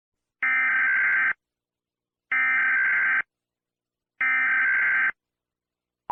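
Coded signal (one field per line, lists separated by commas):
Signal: Emergency Alert System (SAME) tones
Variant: header bursts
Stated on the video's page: Fictional, not real, EAS broadcast for a kaiju scenario.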